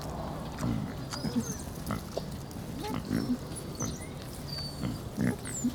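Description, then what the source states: Pig grunts, short low snorts scattered throughout, with faint bird chirps and whistles high above. Piglets, more than one, hanging out.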